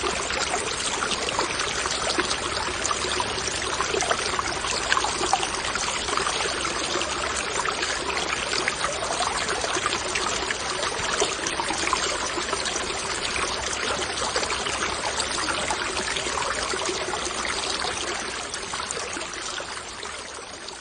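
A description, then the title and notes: Flowing water gurgles steadily outside a cave, a dense, continuous rush that stays even throughout. The sound is bright and hissing, full of fine splashing detail, with a soft low rumble beneath, and it eases slightly quieter in the final few seconds. The gurgling water outside the water curtain cave, the white noise of nature. Immersive flowing water.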